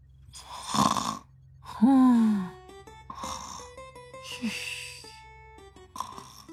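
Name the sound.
voice imitating snoring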